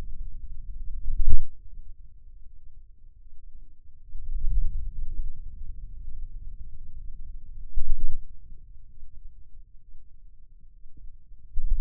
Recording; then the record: forearm muscle sounds (acoustic myography)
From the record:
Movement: wrist flexion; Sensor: system 2, bracelet of six BSWA MPA416 microphones around the upper forearm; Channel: 5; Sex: male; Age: 22 years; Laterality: right